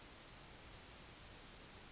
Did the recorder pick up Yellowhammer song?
no